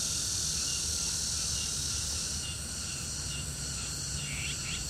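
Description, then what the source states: Crickets keep up a steady high trill throughout, with a couple of short rising chirps near the end. Crickets in the Old Summer Palace, in summer.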